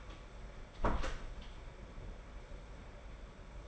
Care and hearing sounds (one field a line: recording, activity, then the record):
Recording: daily activity, microphone in the room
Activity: close door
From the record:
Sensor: 5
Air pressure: 1015.4 hPa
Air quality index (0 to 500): 215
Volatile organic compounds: 12 ppm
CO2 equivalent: 2330 ppm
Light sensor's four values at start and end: 35/80/32/31 and 35/80/32/31